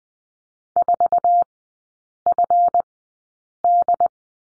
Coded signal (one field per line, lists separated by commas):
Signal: Morse code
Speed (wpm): 19 wpm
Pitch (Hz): 700 Hz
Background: none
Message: 4FD